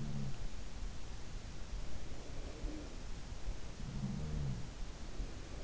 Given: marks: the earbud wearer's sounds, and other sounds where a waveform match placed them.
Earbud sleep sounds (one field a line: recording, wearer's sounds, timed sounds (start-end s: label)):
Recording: sounds in sleep by an in-ear microphone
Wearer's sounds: breath, talking in sleep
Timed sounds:
0.00-0.88 s: sound from someone else or the room
1.84-3.17 s: breath
2.56-2.91 s: talking in sleep
3.74-5.64 s: sound from someone else or the room